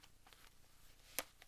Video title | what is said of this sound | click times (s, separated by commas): V-MODA M-200 Studio Reference Monitor Headphones Unboxing | Nice satisfying click as soon as you open them up. | 1.2 s